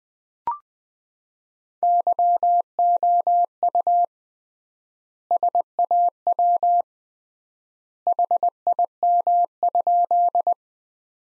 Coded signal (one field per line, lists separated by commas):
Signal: Morse code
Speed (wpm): 20 wpm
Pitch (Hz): 700 Hz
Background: none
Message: YOU SAW HIM?